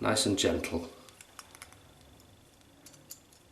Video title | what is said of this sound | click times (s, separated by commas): A Wilkinson Sword Shave - (Non Expensive Products) | Yeah, that click then, it had cross-threaded then slowly. | 3.1 s